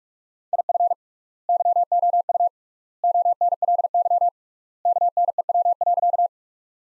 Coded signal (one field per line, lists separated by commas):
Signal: Morse code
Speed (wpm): 47 wpm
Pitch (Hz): 700 Hz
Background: none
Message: IF YOU ONLY KNEW.